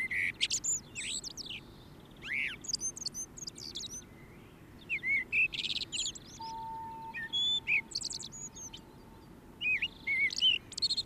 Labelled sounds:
Common Blackbird song

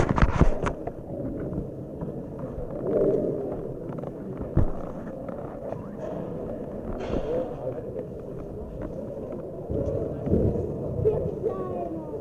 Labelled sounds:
Lion

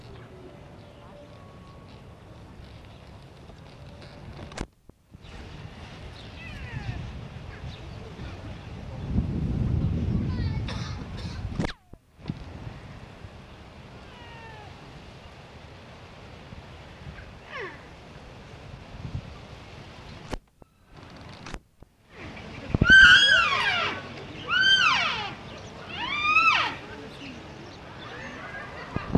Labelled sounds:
Wapiti call

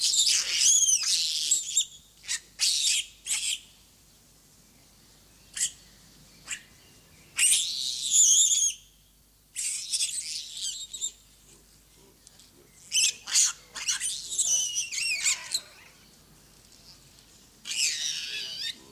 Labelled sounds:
Hamadryas Baboon

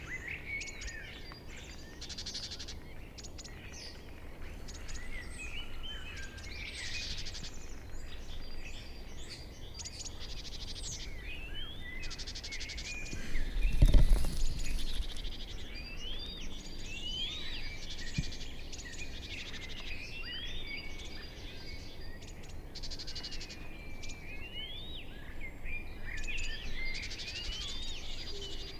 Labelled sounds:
Black Woodpecker flight call

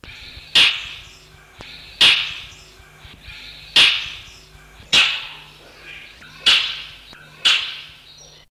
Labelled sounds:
Indian Roller call

